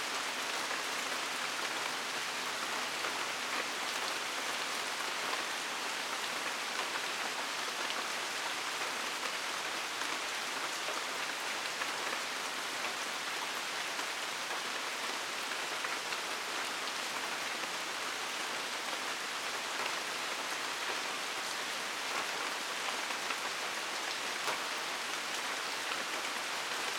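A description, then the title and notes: A gentle rainstorm falls steadily, a dense, even patter of drops on surfaces with a bright, hissing character. The level stays constant for the whole stretch, with no thunder or distinct events, only faint low rumble underneath. A gentle rainstorm recording from Wolfville, Annapolis Valley, Nova Scotia. It's an hour long and unlooped.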